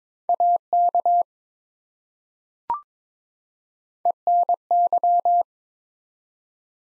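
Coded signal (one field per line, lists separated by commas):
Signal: Morse code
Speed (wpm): 22 wpm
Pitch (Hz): 700 Hz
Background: none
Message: AK ENY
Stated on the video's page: Morse drill at 22 wpm of ARRL section abbreviations used in Field Day exchanges, each sent twice.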